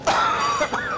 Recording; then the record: coughing mixed with background sound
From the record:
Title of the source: Heavy cold and sore throat coughing.